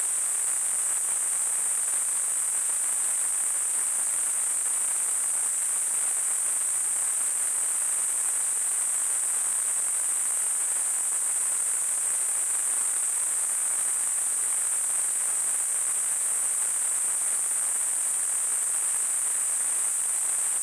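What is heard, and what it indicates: A steady, unbroken high-pitched hiss, a narrow band of noise held at a very high pitch, lasts the full twenty seconds with no change. It is a simulation of tinnitus, the ringing or hissing a person hears without any outside source.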